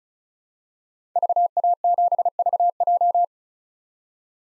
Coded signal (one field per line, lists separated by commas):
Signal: Morse code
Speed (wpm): 36 wpm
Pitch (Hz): 700 Hz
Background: none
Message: VA7VJ